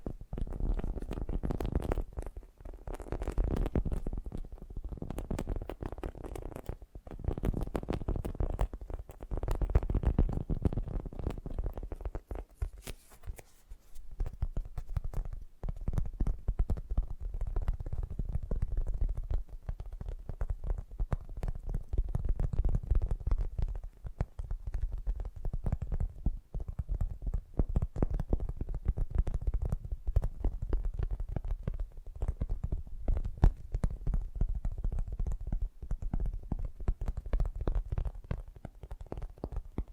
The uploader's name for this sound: Fast & Gentle Tapping